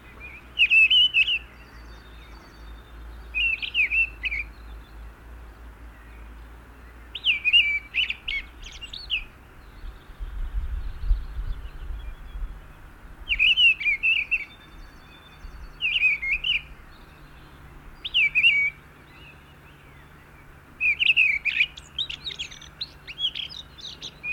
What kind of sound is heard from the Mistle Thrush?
song